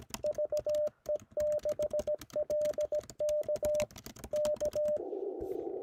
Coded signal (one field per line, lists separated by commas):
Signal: Morse code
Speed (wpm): 17 wpm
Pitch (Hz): 590 Hz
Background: radio noise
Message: VE6LK K